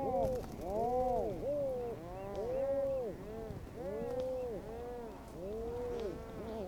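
Rhinoceros auklet groaning calls, several birds overlapping in low, arched, moaning notes rising and falling, roughly one every second or two.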